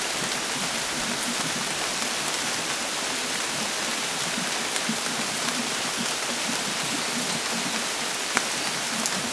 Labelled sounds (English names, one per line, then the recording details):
none
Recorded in dense forest near Puerto Asís, Putumayo, Colombia, on 24 June 2025 at 14:00
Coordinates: 0.484, -76.325
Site H65